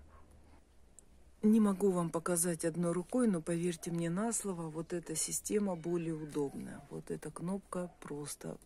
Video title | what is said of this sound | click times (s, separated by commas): Спонтанное видео Урожай🌾 2023 24 ведра🔥 Поставили водоотливы Своими руками | А здесь вот нажали и вот все зафиксировал зафиксировался вот этот наклон | 1.0 s